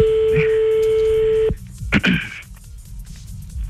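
A steady electronic phone tone holds for about a second and a half, then cuts off, followed by a couple of short dialing beeps over faint background noise, as a phone call is placed to a girlfriend.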